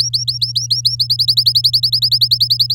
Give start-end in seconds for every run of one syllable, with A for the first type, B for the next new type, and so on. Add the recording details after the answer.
0.00-0.96 A, 0.99-2.74 B. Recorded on 9 May 2018 at 11:33. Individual llb16